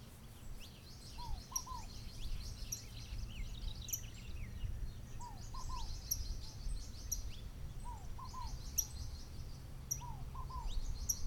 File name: Morning Birds at a Fazenda in Goias Brazil